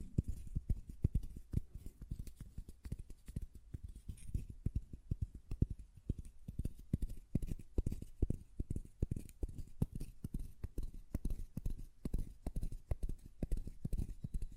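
A glass perfume bottle is tapped in quick, uneven succession for the whole stretch, the knocks dull and hollow, almost like hooves clopping. The taps come several times a second with little pause, some landing harder than others, over a faint hiss.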